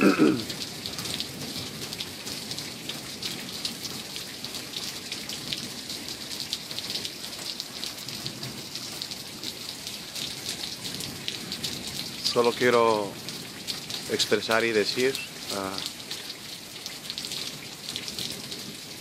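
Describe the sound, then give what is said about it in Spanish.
Steady, dense rain from a very strong, cold storm at 1:00 a.m. on 17 May hisses without pause for the whole stretch, a constant wash of falling water. Partway through, a man speaks briefly over the downpour. “Gracias por este momento de lluvia.”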